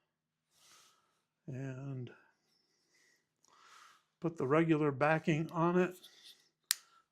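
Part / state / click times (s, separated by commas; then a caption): magnetic backing plate onto wearable microphone pin / seated / 6.7 s. Someone talks while the regular magnetic backing plate is put onto a Plaud NotePin small wearable recording pin. It snaps into place with a sharp click at 6.7 s, and the backing is seated.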